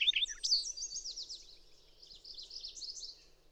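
Songbird song: a quick, high, scratchy warble that fades into softer twittering notes.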